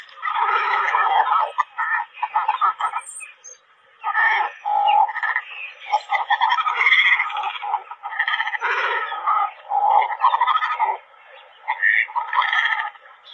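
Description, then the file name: Cormorants croaking and squawking in a noisy overlapping chorus, bursts of harsh calls separated by short lulls. "Tieng chim cong coc keu"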